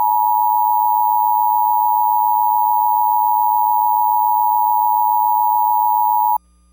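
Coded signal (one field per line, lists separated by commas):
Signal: Emergency Alert System (SAME) tones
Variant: 853 and 960 Hz attention tone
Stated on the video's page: AMBER Alert relayed on Comcast cable, sent via CAP.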